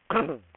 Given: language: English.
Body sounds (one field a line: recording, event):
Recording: throat vibration sensor signal played as sound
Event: throat clearing